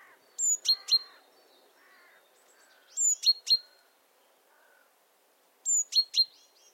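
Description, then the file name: Great tit giving bright, piercing calls in quick groups of three, the groups repeated every few seconds. "Parus major"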